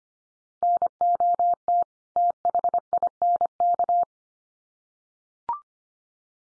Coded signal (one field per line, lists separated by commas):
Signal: Morse code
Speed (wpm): 25 wpm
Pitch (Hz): 700 Hz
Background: none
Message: NOT THINK